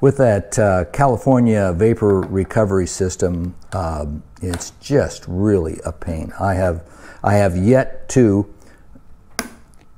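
Someone talks while closing the lid of an aftermarket TWM fuel filler cap on the fuel tank of a 2021 Aprilia Tuono Factory motorcycle. The lid latches with a sharp snap at 9.4 s, followed by two faint ticks, and it locks in place.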